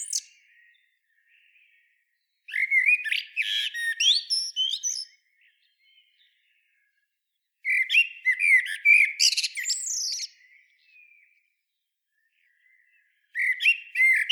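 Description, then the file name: Common blackbird song: the tail of one phrase, then three separate phrases about five seconds apart, each of varied fluty whistles, the first two finishing with squeaky high twitters and the last cut off at the end. "Turdus merula"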